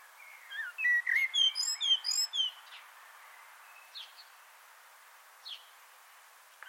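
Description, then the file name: Eurasian blackbird song: a fast run of rippling, slurred whistles, then a few isolated thin high notes over light background hiss. "Turdus merula"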